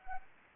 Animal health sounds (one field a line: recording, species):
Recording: mosquito wingbeat signal from an infrared sensor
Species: Anopheles arabiensis